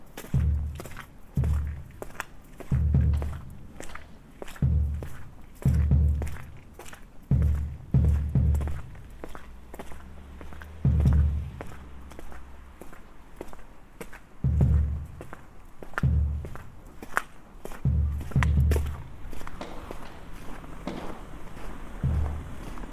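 Footsteps crunch through snow at a steady walking pace, roughly one step a second, each a soft low thud with a brief gritty crackle. A low hum sits underneath, swelling briefly around the tenth second, and the steps thin out near the end.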